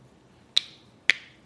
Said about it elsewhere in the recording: Typically, it's an instantaneous type feeling. And this is called tribonucleation. We've got some gas bubbles in the joint. And because we are changing position or the joint position, that there's a change in pressure that impacts those gas bubbles to create that noise. when you crack your knuckles. That's not me cracking my knuckles out of place. I'm just creating pressure and changes in my knuckles, and that creates the gas bubbles that create the noise.